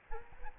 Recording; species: mosquito wingbeat signal from an infrared sensor; Aedes albopictus